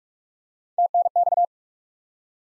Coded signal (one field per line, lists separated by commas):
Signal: Morse code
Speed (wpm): 42 wpm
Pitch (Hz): 700 Hz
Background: none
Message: TNX